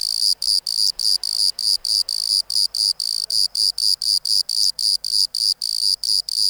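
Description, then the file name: Bordeaux cricket chirps, shrill and evenly spaced, repeated briskly for the whole stretch. "Modicogryllus bordigalensis"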